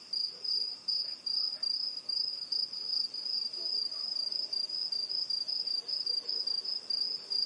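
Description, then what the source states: Crickets give an intense high trill, rhythmically pulsing at a quick pace throughout. Intense cricket chorus at night in a rural area, USA.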